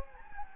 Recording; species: mosquito wingbeat signal from an infrared sensor; Anopheles gambiae